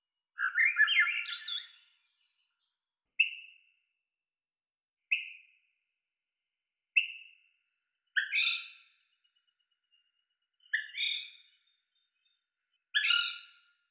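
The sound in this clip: Swainson's thrush calls, a burst of notes then short single notes every two seconds, ending in stacked multi-note calls; quiet background.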